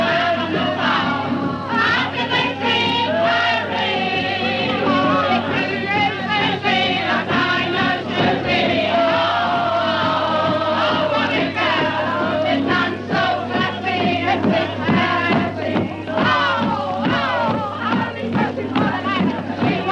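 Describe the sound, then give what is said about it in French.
A rowdy street crowd in a cosmopolitan London neighbourhood, drinking pints and whisky in the street outside pubs, sings together in loose, off-key spontaneous chorus at the street corners, many voices overlapping with shouts and cheers, loud and unbroken throughout. “Au coin de chaque rue, des chœurs spontanément s'organisent, et si les fausses notes sont nombreuses, l'entrain et la joie entraînent la foule houleuse.”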